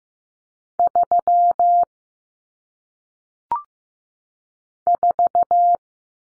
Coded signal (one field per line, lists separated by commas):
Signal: Morse code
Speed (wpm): 15 wpm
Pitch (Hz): 700 Hz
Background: none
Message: 3 4